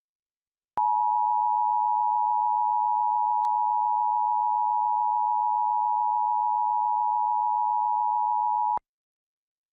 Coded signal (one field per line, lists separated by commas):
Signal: Emergency Alert System (SAME) tones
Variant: 853 and 960 Hz attention tone